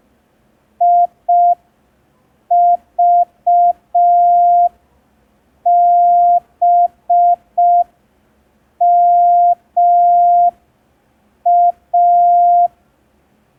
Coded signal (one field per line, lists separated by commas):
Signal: Morse code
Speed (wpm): 5 wpm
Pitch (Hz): 700 Hz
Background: none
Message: IVBMA